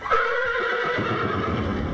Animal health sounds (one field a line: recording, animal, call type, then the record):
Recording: contact call of a hoofed animal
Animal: horse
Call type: whinny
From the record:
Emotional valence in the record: negative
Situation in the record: separation from one group member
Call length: 2.0 s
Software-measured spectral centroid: 1500 Hz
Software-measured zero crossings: 2010 a second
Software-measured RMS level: -24 dBFS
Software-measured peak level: -10 dBFS